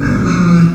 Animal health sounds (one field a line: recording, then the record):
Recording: squeal of a Yucatan mini pig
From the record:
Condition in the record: after surgery on the right vocal fold (resection and tissue-engineered implant)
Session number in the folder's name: 11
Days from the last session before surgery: 98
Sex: female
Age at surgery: 19 weeks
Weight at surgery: 25 kg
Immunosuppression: prednisolone